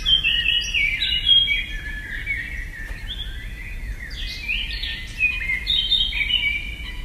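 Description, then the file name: Eurasian blackcap song: rich, fast warbled phrases with clear fluted whistles, delivered almost continuously over a steady low background rumble. Recorded at Selborne. "blackcap freesound"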